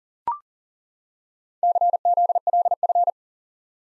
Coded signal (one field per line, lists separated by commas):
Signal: Morse code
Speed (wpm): 40 wpm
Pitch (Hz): 700 Hz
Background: none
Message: CZLF